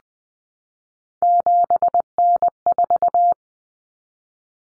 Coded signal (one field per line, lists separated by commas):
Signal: Morse code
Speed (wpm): 20 wpm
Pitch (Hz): 700 Hz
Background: none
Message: 7N4